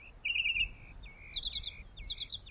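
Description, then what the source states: Mockingbird song: short high phrases of rapid chattering notes alternate with slurred whistles, the pattern repeated. Mockingbird described as cutting and pasting mimicked sounds, changing their speed, pitch and sound quality.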